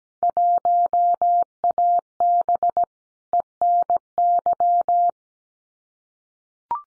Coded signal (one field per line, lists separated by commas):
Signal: Morse code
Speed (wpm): 17 wpm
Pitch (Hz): 700 Hz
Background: none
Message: 1AB ENY